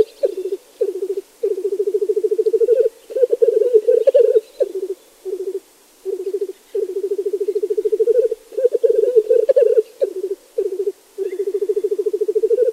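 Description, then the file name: Black grouse bubbling song: low, dove-like rolling coos in long phrases separated by short pauses, continuing steadily throughout, with faint background sounds. Lekking display bubbling song. "teeren-soidinpulputusta janerikbruun"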